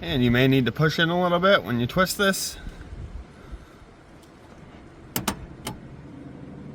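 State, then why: Seated. Someone talks while a low beam headlight bulb for a 2006–2010 VW Jetta, Golf or Rabbit is lined up with the grooves in the headlight housing, pushed in and rotated clockwise. Two sharp clicks at 5.2 s and 5.3 s mark the bulb twist-locking into the housing, and a fainter click follows at 5.7 s. The bulb is seated.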